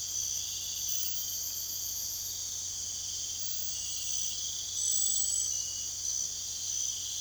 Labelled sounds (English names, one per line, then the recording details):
none
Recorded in secondary vegetation near Puerto Asís, Putumayo, Colombia, on 29 June 2025
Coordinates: 0.488, -76.319
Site G094